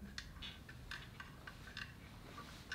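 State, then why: Not seated. On a Jack JK768DI 5-thread industrial overlock sewing machine, the metal stitch-length push button is held pressed while the handwheel pulley is turned toward the operator to bring the button into the pulley notch. Several short, light ticks are heard during the turning, at about 0.2, 0.9, 1.8 and 2.7 s, over a low steady hum. The button has not yet dropped into the notch and nothing has clicked into place.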